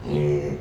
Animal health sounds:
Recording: contact call of a hoofed animal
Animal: pig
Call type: closed-mouth grunt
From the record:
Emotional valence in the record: negative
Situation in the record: short social isolation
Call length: 0.61 s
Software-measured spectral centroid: 1400 Hz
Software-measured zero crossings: 850 a second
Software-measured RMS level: -24 dBFS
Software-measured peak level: -12 dBFS

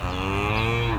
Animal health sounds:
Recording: contact call of a hoofed animal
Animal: cattle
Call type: low-frequency (closed-mouth) or high-frequency (open-mouth) call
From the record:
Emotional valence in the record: negative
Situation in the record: full separation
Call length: 0.99 s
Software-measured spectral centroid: 2070 Hz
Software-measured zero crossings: 2110 a second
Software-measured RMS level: -24 dBFS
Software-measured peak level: -9 dBFS

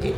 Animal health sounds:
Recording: contact call of a hoofed animal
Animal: pig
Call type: closed-mouth grunt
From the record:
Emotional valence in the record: positive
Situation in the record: food and toys in familiar pen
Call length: 0.18 s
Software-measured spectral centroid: 1910 Hz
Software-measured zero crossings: 1120 a second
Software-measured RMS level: -25 dBFS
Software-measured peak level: -15 dBFS

